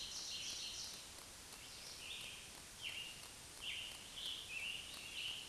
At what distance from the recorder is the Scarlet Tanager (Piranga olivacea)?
about 45 m